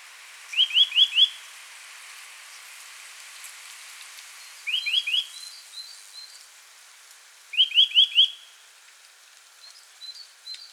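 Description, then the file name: Eurasian nuthatch giving short bursts of three to four rapid upslurred whistles, repeated every few seconds, with fainter high notes between. "Sitta europaea"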